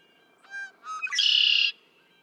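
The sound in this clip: Red-winged Blackbird song: a harmonic introductory note, a short second note, then a long buzzy trill.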